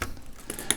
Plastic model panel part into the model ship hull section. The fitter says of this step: That's what I had just right there. You heard that clicking, and that's it.